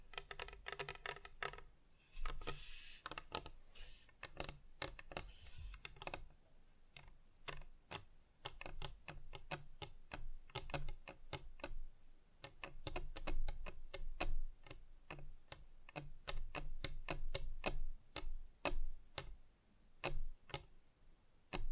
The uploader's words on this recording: ASMR Just Tapping (Different Surfaces No Talking).